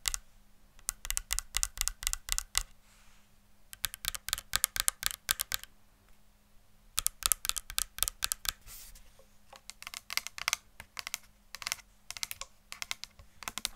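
Tapping in quick bursts of sharp, crisp clicks, the bursts separated by short pauses near 3, 6 and 9 seconds. Taps come fast and unevenly, like typing, with some louder strikes. A low steady hum runs underneath throughout.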